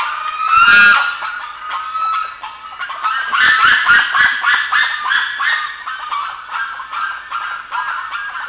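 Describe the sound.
Birds calling in a noisy chorus, a loud burst of harsh calls near the start, then rapid overlapping calls about four a second.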